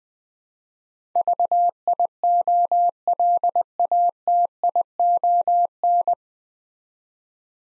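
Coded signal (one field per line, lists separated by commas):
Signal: Morse code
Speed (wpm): 20 wpm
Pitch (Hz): 700 Hz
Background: none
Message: VIOLATION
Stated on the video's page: Morse code practice building nine-letter words three letters at a time at 20 wpm, for beginners working on instant character recognition.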